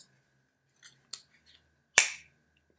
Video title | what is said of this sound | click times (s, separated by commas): Backscatter Flip 3.1 - Unboxing, Review and install GoPro Hero 4 (Combo Pack) | So if you're not using the top filter just click it in place | 2.0 s